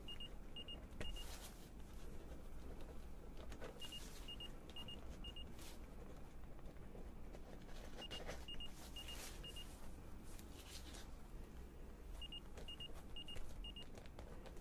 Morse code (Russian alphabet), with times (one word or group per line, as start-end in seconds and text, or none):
none